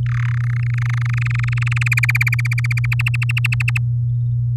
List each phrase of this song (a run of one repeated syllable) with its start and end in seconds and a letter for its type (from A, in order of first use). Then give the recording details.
0.06-0.38 A, 0.40-1.88 B, 1.92-2.86 C, 2.92-3.78 D. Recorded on 6 May 2018 at 07:49. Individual llb16